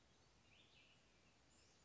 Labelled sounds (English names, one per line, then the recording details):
Cassin's Vireo
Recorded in Sonoma County, California